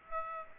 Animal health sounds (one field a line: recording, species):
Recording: mosquito wingbeat signal from an infrared sensor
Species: Aedes aegypti